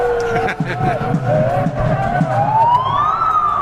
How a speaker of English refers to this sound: What's the sirens? Is that us or them? That's us. Okay. That's the megaphones. Yeah. They keep scaring us with it.